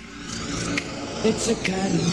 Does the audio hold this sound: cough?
no